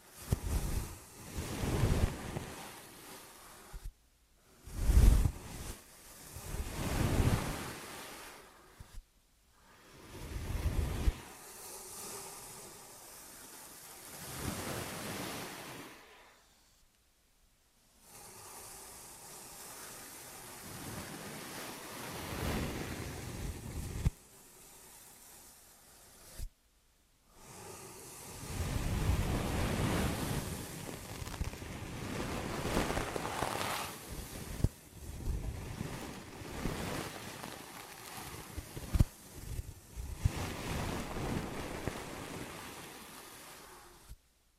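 Ear and scalp massage sounds: soft rushing, rubbing swells that rise and fade in bursts, rough and full like wind or surf. The strokes are separated by brief silences around 4, 9, 17 and 26 seconds, with longer, steadier rubbing later.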